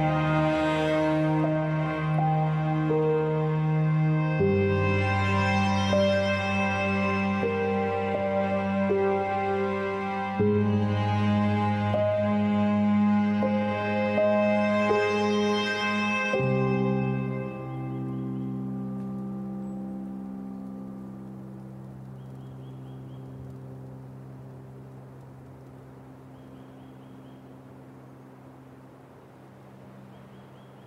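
String music plays slow, sustained chords that shift roughly every six seconds, full and rich in the first half. Around seventeen seconds the playing drops to a softer, thinner held chord that slowly fades toward the end.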